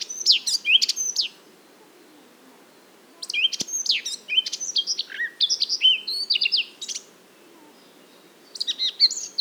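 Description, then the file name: Eurasian blackcap delivering quick, varied warbled phrases of clear whistles and twittering notes, with short pauses between song bursts. "Sylvia atricapilla"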